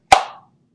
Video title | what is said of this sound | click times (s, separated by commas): Conceal carry gear selection | can hear the click it | 0.1 s